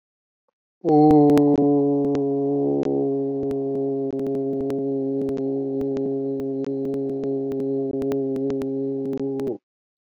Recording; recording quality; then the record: sustained vowel as in boot; excellent, no background noise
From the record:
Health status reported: healthy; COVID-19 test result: negative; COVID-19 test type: RT-PCR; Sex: male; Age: 37 years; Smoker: no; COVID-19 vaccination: both doses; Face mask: not worn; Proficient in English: yes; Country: India